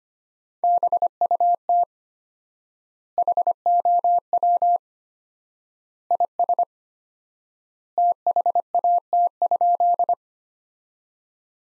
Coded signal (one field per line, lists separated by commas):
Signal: Morse code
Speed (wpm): 25 wpm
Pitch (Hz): 700 Hz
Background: none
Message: BUT HOW IS THAT?